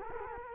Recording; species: mosquito wingbeat signal from an infrared sensor; Culex quinquefasciatus